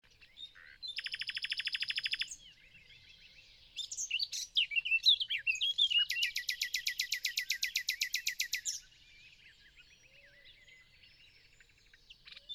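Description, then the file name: Common nightingale song: a loud burst of rapidly repeated notes, then a longer fast series of repeated notes lasting about three seconds. "Luscinia megarhynchos"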